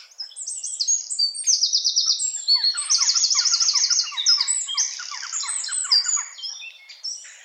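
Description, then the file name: Eurasian wren delivering a loud, high-pitched song of fast rattling trills and sharp notes. "Troglodytes troglodytes"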